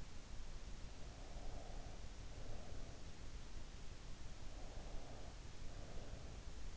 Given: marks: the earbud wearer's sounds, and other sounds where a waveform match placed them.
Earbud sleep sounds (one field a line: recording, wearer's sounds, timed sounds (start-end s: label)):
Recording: sounds in sleep by an in-ear microphone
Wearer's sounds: breath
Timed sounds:
0.97-3.29 s: breath
4.57-6.76 s: breath